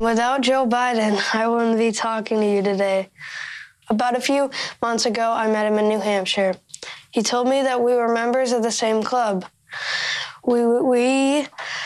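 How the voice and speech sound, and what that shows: A 13-year-old boy who stutters reads a speech on live TV at the Democratic National Convention, with stretched sounds and a repeated "we… we", typical of stuttering.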